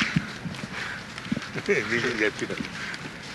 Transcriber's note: laughs